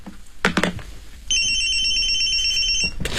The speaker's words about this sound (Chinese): 刘虎，按我说的接电话